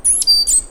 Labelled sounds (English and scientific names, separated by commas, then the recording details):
Stitchbird (Notiomystis cincta) song
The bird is a male
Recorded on Tiritiri Matangi Island, New Zealand, in 2005
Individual 1, of nest box 1